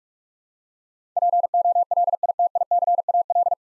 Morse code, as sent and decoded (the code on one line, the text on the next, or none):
.--. --- .-.. .. - .. -.-. .- .-..
POLITICAL